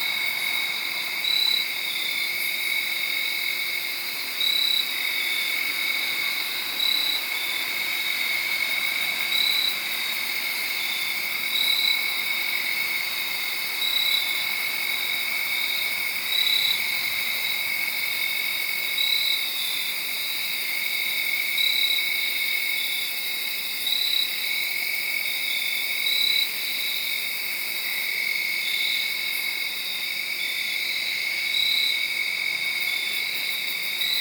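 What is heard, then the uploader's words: Crickets chirp steadily outdoors beneath a tree, a dense, unbroken high trilling that holds level for the whole span. A brighter pulsing call repeats every couple of seconds above the drone, and a faint low hum sits in the background. Crickets (field recording). This is a field recording I made late on Saturday night/Sunday morning. The location was in Sharon, Pennsylvania, under a tree. This was made around 12:00 in the morning if I remember correctly.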